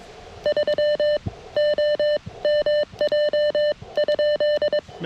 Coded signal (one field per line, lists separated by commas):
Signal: Morse code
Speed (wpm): 22 wpm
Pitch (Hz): 600 Hz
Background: none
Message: 3 OMJ?